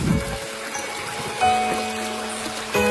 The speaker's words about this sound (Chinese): 所谓的这个跌水，我们看到介绍说啊，规模较小的呢常常造成是跌水，而规模较大的就是我们常规意义上形成的瀑布了。而在神灵寨景区，像这样的跌水还有小的瀑布群可以说是随处可见。